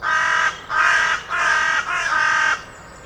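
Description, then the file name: Carrion crow giving four long, coarse caws run almost back to back, then quiet. "Corvus corone"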